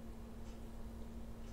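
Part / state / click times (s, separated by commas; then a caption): coin capsule lid onto capsule base / not seated / none. A coin is placed into a plastic coin capsule, and the capsule lid and base are handled and lined up before being pressed shut. Only a steady low hum and faint soft handling noises are heard. The capsule has not clicked shut yet.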